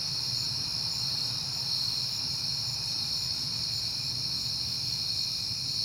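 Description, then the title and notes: Crickets singing together, an even high-pitched trilling backed by a gentle low hum. At night in September, on a peaceful night. "Night Time: Crickets and Passing Cars. It is September and I have been hearing the crickets a lot, but finally had a peaceful night to make the recording"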